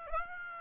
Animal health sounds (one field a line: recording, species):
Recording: mosquito wingbeat signal from an infrared sensor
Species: Aedes aegypti